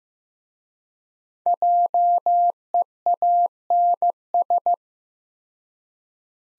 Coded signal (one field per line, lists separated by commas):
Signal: Morse code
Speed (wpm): 15 wpm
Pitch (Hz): 700 Hz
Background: none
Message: JEANS